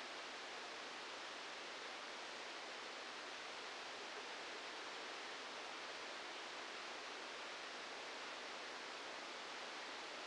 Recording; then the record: brain microelectrode recording played as sound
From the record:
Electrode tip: outside the subthalamic nucleus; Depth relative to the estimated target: -6 mm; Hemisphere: left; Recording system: NeuroSet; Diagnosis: Parkinson's disease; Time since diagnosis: 8 years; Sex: male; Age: 46 years